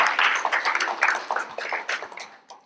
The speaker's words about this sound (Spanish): Denle un aplauso fuerte al Señor ahí para que no se me vaya a dormir ninguno.